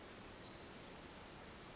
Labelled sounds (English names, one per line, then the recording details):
Pacific Wren
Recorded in Sonoma County, California